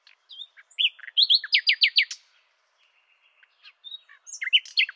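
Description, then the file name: Common nightingale song: varied notes leading into a rapid series of repeated down-slurred notes, a quiet gap with a faint thin note, then another loud burst of varied notes. "Luscinia megarhynchos"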